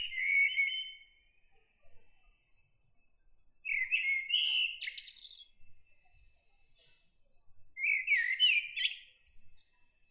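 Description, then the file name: Common blackbird song in three phrases spaced a few seconds apart, each opening with a clear mellow whistle, the last two ending in a scratchy, high twittering tail. "Turdus merula"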